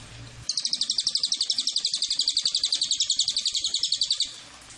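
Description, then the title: Cililin calling a high, rapid rattling trill lasting nearly four seconds, the notes evenly spaced and buzzy, with low hum before and after. Lure recording (pancingan) and master recording of the Cililin. "MASTERAN SUARA BURUNG CILILIN BISA JUGA PANCINGAN CILILIN"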